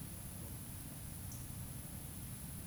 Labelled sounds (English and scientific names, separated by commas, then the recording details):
Eurasian Woodcock (Scolopax rusticola) whistle
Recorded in Baden-Württemberg, Germany, on 27 June 2020 at 19:55 UTC
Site 43737, 512 m above sea level